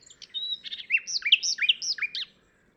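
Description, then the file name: Common nightingale song phrase of bright, swooping whistled notes run together over about two seconds. "Luscinia megarhynchos"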